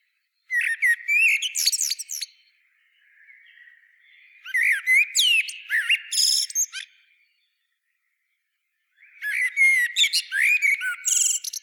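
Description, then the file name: Common blackbird song: three phrases of varied whistled notes ending in scratchy high twitters, with pauses between. "Turdus merula"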